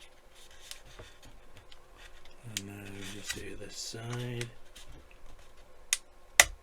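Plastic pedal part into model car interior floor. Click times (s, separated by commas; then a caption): 6.4 s. The second side of a plastic pedal part is pressed into the interior floor of a Fanhome 1989 Batmobile model car, with oil helping it go in, while someone talks. Faint handling noises lead up to a small tick near 5.9 s, then a sharp snap at 6.4 s as the part seats home.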